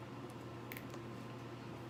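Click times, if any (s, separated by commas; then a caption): 0.7 s, 0.8 s. A custom-length spark plug wire terminal for a turbo LS engine is pushed into the ignition coil tower over a steady low hum. Two sharp clicks sound at 0.7 s and 0.8 s as the terminal seats, confirming it is locked into the coil.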